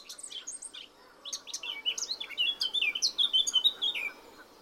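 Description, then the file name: Eurasian blackcap singing a rapid chattering warble that brightens into a series of rich, whistled phrases at the end. "Sylvia atricapilla"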